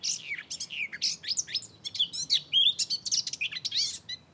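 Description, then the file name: Eurasian blackcap song, a rapid, varied, chattering warble of high twisting notes that runs without pause throughout. "Sylvia atricapilla"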